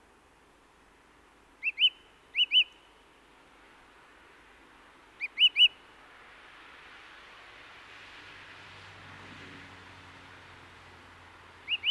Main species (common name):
Song Thrush